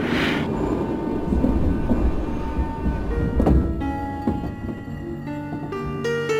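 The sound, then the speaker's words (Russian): A metro train runs with a steady, loud rumble, and in its second half a rising set of tonal whines from the motors or brakes sings above the roar. No one speaks. “В метро.”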